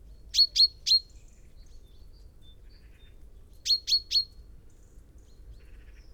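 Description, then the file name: Common chaffinch calling in two bursts of three sharp high 'pink' notes, about three seconds apart, with soft low background noise. "Fringilla coelebs"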